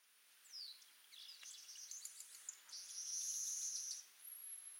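Orange weaver song, a falling squeaky note, then busy high chatter and a bright, sustained sizzle.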